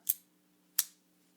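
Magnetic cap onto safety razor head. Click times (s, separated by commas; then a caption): 0.8 s. After a half blade is slid into a safety razor head, the metal magnetic cap is put back on and snaps into place from the magnetic attraction, seating with a sharp, bright metallic click at 0.8 s. A similar short click comes at 0.1 s and a faint tick at 1.4 s, over a steady low hum.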